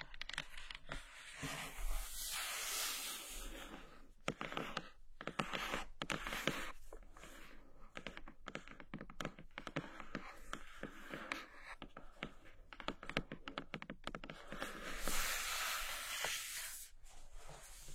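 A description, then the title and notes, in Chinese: Gentle tapping and fingertips sliding over a surface, heard as soft hissy swishes broken by short gaps and light taps. The strokes come in irregular bursts throughout, with longer bright sweeps near the start and again around fifteen seconds. 轻柔敲击 指尖滑过。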